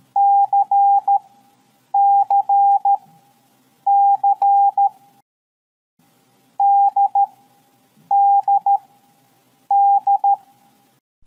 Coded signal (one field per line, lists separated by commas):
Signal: Morse code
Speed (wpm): 13 wpm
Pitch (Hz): 800 Hz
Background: none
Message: CCC DDD